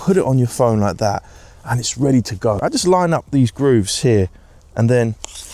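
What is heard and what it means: A magnetic MagSafe phone adapter is put on a phone and its grooves are lined up with the mount of an Insta360 Flow 2 Pro gimbal while a man talks throughout. Nothing has seated or clicked yet; the clip ends before the adapter snaps onto the gimbal mount.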